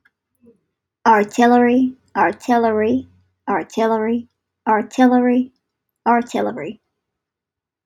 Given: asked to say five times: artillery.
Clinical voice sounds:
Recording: repeated word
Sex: female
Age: 30 to 39 years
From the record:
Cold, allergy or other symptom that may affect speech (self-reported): no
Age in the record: 38 years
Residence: Maryland, United States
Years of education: 14

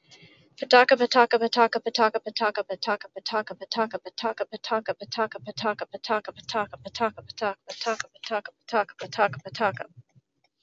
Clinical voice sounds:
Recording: repeated syllables /pa ta ka/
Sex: female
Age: 30 to 39 years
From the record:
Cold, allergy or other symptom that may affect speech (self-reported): no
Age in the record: 39 years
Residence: North Carolina, United States

